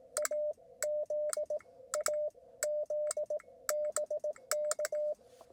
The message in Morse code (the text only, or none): AZ AZ BK